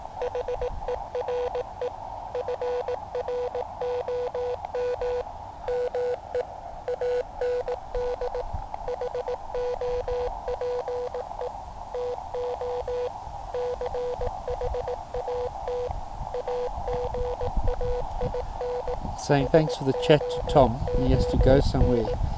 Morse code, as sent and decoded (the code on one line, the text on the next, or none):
.... . .-. . / ..-. .-. --- -- / -- . / .- -. -.. / .... --- .--. . / - --- / -.-. .... .- - / .- --. .- .. -. / ... --- --- -.
HERE FROM ME AND HOPE TO CHAT AGAIN SOON